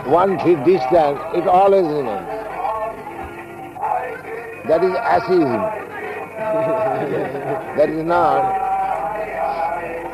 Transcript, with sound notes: One feet distant it always remains. That is ass-ism. [laughter] That is not...